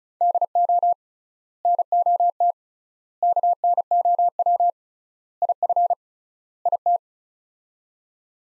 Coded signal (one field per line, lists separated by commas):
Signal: Morse code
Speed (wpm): 36 wpm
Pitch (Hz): 700 Hz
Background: none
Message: DO NOT KNOW IF IT